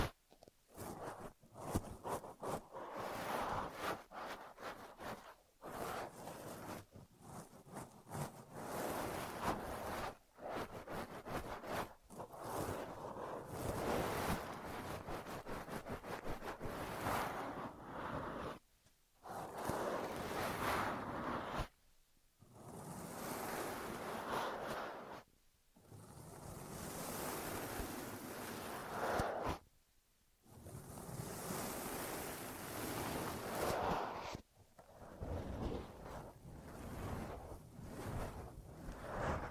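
An ear massage and cleaning sound: dense, rushing rubbing and brushing noise that fills the clip, rough and full from low to bright, like surf or wind. It stops abruptly every few seconds, with short silent gaps near 5, 10, 19, 22, 26, 30 and 34 seconds.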